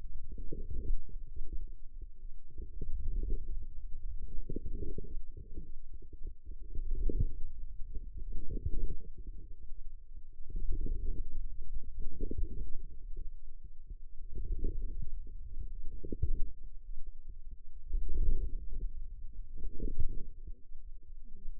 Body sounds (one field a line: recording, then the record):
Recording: forearm muscle sounds (acoustic myography)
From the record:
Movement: wrist flexion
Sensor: system 2, bracelet of six BSWA MPA416 microphones around the upper forearm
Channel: 5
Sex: female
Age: 21 years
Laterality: right